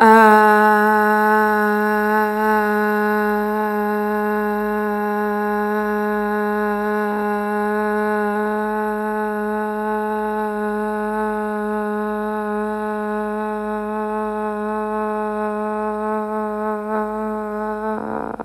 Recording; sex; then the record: sustained vowel /a/; female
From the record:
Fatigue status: fatigue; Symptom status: symptomatic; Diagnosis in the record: COVID-19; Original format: m4a